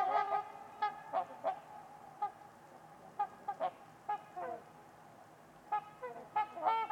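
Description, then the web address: Trumpeter swans calling with separate brassy honks spaced irregularly through a quiet background. Winter's eve at Winters Lake in a deep, silent valley, with distant white noise. "Trumpeter Swans on a Winter's Eve. Nick-Mc Mahan Winters-Lake-with-Swan. Wind Is the Original Radio"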